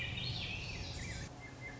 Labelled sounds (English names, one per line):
Swainson's Thrush